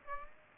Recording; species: mosquito wingbeat signal from an infrared sensor; Aedes aegypti